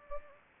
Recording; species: mosquito wingbeat signal from an infrared sensor; Anopheles gambiae